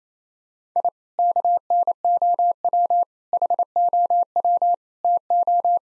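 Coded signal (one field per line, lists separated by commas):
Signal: Morse code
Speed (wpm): 28 wpm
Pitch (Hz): 700 Hz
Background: none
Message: I KNOW HOW TO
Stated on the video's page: Morse practice of sentences with common three-word phrases at 28 wpm, each sentence sent, spoken, then sent again.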